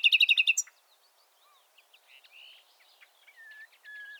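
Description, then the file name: Common nightingale song opening with a rapid burst of loud repeated notes, followed by soft scattered twitters and a few drawn-out whistles. "Luscinia megarhynchos"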